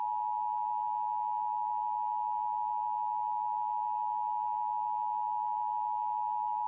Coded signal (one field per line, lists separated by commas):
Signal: Emergency Alert System (SAME) tones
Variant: 853 and 960 Hz attention tone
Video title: EAS Scenario #3: Dust Storm From Hell